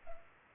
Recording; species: mosquito wingbeat signal from an infrared sensor; Culex pipiens